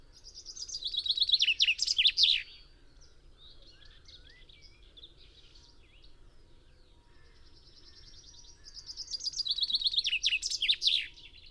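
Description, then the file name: Common chaffinch singing two descending trill phrases, each ending in a flourish, about eight seconds apart, with faint sounds in between. "Fringilla coelebs"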